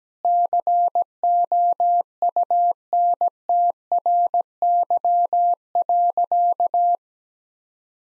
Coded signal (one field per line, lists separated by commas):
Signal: Morse code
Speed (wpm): 17 wpm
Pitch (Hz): 700 Hz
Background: none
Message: COUNTRY.